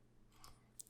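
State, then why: Seated. A plastic bar on a Transformers Legacy Velocitron Speedia 500 Collection Road Rocket action figure is moved up into the leg during transformation. After some soft handling noise around 0.4 s, a sharp, bright click at 0.8 s and a faint tick just after mark the bar seating into place on the leg.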